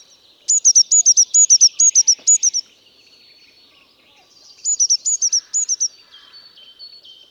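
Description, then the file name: Eurasian blue tit giving two bursts of quick, high, doubled chips, each pair a sharp rising note and a lower one; soft thin whistles from other birds between and after. "Cyanistes caeruleus"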